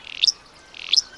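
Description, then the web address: Willow flycatcher giving two matching buzzy notes about three-quarters of a second apart, each rising sharply at its end. Song likened to a sneeze. "Birdnote. The Sneeze of Willow Flycatcher"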